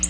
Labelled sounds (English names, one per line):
Black-throated Blue Warbler flight call